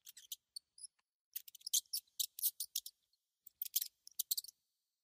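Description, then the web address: Mouse chattering in short high bursts, scratchy clicks grouped in quick runs, with a couple of thin pure squeaks early on. "animals mouse mouse"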